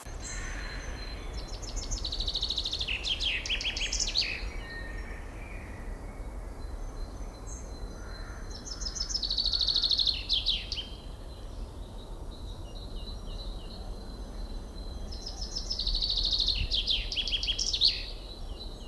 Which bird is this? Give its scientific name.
Fringilla coelebs